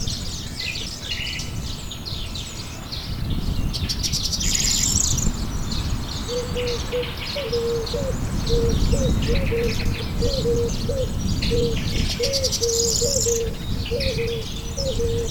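Nature sounds with busy birdsong: many bright chirps and trills overlap throughout. A low, rough rumble fills the bottom and swells after about three seconds. From about six seconds on, a steady series of short, low cooing notes repeats to the end.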